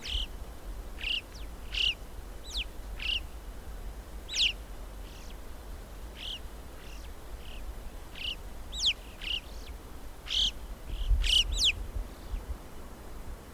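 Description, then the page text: Alpine chough calls, many short high whistled notes repeated irregularly throughout, over a low steady rumble. "Christian Brinkman - Альпийская галка (Pyrrhocorax graculus)"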